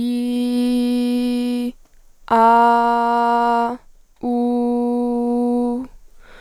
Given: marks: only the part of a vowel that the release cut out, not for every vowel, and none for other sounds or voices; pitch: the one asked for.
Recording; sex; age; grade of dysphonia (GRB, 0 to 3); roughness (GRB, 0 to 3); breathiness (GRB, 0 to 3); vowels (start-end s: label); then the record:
sustained vowels; female; 18 to 19 years; 0; 0; 0
0.00-1.63 s: vowel /i/, normal pitch
2.38-3.65 s: vowel /a/, normal pitch
4.30-5.73 s: vowel /u/, normal pitch
From the record:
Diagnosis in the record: healthy voice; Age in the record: 19 years